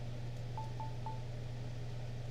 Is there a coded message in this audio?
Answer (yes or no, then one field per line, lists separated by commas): no